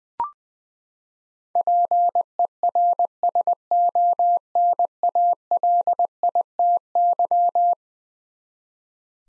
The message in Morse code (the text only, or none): PERSONALITY